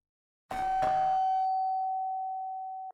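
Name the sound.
doorbell ringing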